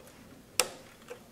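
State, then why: Seated. A SATA 3 data cable is pushed further into a motherboard SATA port and clicks home, giving a sharp, bright click at 0.6 s with a short decaying tail. A much fainter tick follows around 1.1 s. The cable is now seated.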